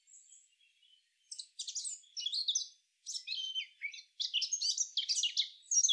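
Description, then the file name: Eurasian blackcap song, faint thin notes at first, then bursts of quick, varied, scratchy warbling broken by short pauses. "Sylvia atricapilla"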